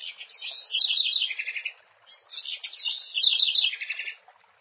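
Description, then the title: A house wren sings two fast, jumbled phrases of high chattering notes, each ending in a lower rapid trill. "cURRUIRA"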